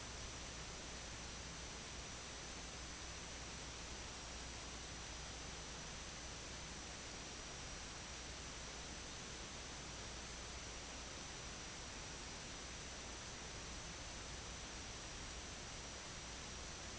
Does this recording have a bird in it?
no